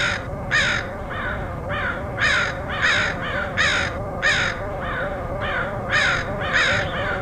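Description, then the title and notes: Crows cawing, rough calls in uneven bursts, loud caws mixed with quieter ones, over a low steady drone. Crows recorded in Portland, Oregon, August 2003. "Dronecast: Crows of Portland. Crows recorded by Dan Bodah in Portland, OR, August 2003"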